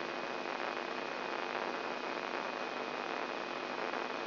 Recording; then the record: brain microelectrode recording played as sound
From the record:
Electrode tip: inside the subthalamic nucleus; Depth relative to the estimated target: 2.5 mm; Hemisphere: left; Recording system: AlphaMap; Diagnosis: Parkinson's disease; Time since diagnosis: 11 years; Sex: male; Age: 67 years